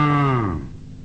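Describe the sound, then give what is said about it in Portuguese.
A single long, low moo from an ox that slides downward in pitch and fades out, heard alone without any talking. “O boizinho veio e mugiu, mugiu.”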